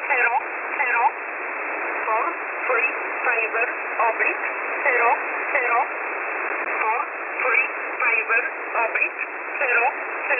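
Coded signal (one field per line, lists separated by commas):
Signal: numbers station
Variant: E11 (Oblique)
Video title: E11 number station 5150 kHz USB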